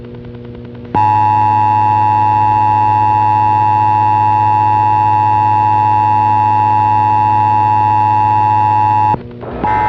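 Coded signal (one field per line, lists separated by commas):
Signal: Emergency Alert System (SAME) tones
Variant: 853 and 960 Hz attention tone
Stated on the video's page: Mock EAS alert with valid tones.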